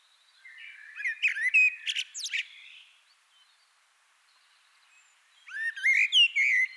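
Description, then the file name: Eurasian blackbird giving two short song phrases of fluted, slurred notes and high squeaky elements, separated by a near-silent pause of about two and a half seconds. "Turdus merula"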